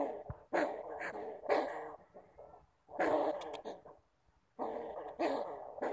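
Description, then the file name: Bamboo rat giving a few drawn-out raspy calls separated by quiet gaps. "Tieng dui keu"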